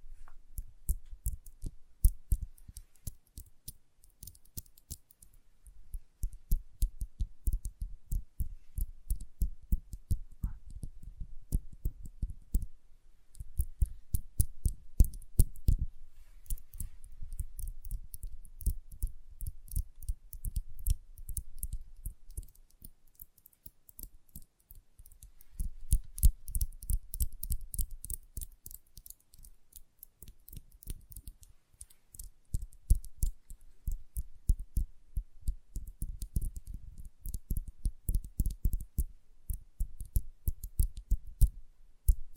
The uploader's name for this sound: Sensitive Tapping